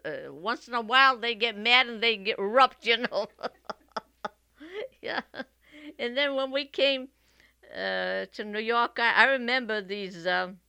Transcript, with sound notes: Once in a while they get mad and they erupt." You know? ( she laughs ) And then when we came, uh, to New York, I remember these, uh,